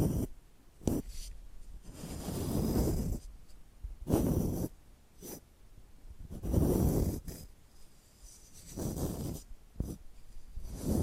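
Tapping and scratching: rough, scraping swells of about a second each repeat every couple of seconds, rising and fading. Sharp single taps cut in between them, near 1, 4, 5, 7, 9.5 and 10 seconds, with short quiet gaps separating the strokes.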